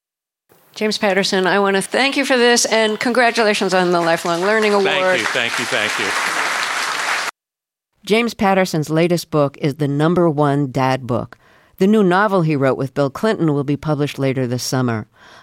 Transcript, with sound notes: James Patterson, I want to thank you for this, and congratulations on the Lifelong Learning Award.
Thank you, thank you, thank you.
(APPLAUSE)
James Patterson's latest book is "The #1 Dad Book." The new novel he wrote with Bill Clinton will be published later this summer.